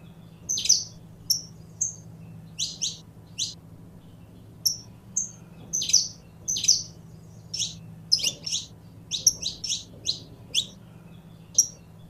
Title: Kenari Portugis